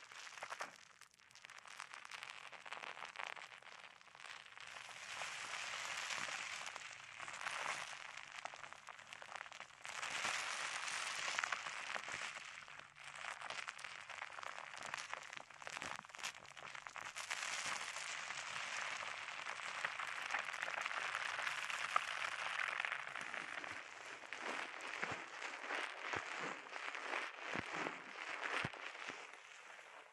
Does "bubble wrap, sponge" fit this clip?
yes